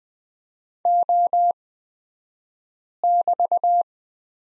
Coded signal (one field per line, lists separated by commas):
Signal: Morse code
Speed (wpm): 20 wpm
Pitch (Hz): 700 Hz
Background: none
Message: O<BT>